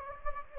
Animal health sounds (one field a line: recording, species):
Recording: mosquito wingbeat signal from an infrared sensor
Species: Anopheles gambiae